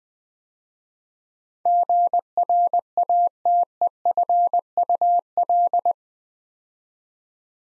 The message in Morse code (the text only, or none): GRATEFUL